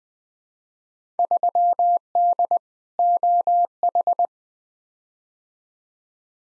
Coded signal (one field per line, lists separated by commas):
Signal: Morse code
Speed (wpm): 20 wpm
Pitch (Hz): 700 Hz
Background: none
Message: 3D OH